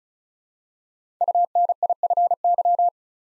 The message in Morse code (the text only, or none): UNIFY